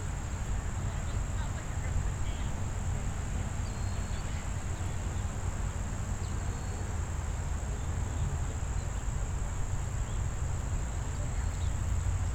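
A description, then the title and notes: Outdoor farm ambience with a steady, high, unbroken insect trill running through the whole recording, likely crickets. Underneath sits a constant low rumble and a dense hiss, and a few faint, brief chirps appear around four and six seconds. Sounds of Land's Sake Farm in Weston, MA. On a busy Saturday.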